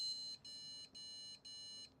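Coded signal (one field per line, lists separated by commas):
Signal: beep code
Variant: ASRock motherboard POST beep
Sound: repeated short electronic beeps, about four in two seconds, evenly spaced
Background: quiet room hum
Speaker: One, two, three, four, five. Five beep code on an ASRock.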